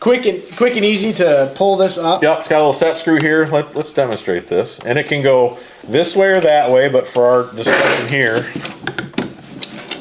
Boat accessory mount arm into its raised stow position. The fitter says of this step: it just slides up like that snaps into place and so then it's out of the water